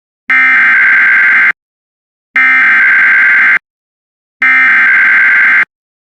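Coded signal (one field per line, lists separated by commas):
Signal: Emergency Alert System (SAME) tones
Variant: header bursts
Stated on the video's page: EAS Severe Thunderstorm Warning heard on WJON-IP, screen-recorded.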